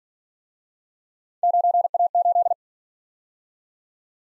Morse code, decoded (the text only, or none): 9A8